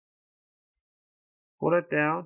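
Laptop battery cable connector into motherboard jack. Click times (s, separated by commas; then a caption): 0.8 s. A battery cable connector for a Dell Latitude 7440 (B8RHFY3) P174G laptop is pushed fully into its jack on the motherboard, seating with a short, sharp click at 0.8 s. After a silence, someone talks.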